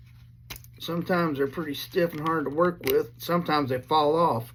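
A metal ALICE belt clip on the back of a 1969 US Model 1956 canvas .45 caliber ammunition pouch is snapped open with a sharp snap at 0.5 s, releasing the clip. Someone then talks for the rest of the clip.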